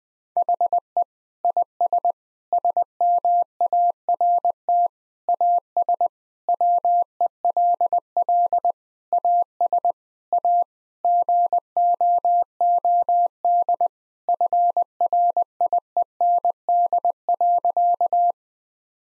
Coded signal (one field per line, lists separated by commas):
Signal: Morse code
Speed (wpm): 20 wpm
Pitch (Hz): 700 Hz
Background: none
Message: HE IS SMART AS WELL AS A GOOD FRIEND.